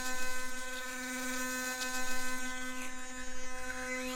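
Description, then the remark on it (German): A steady electric toothbrush buzz drones on without a break, its harmonics stacked and unwavering, with a faint pulsing wobble in loudness as it runs alone. “Ich finde diese Zahnbürsten irgendwie...”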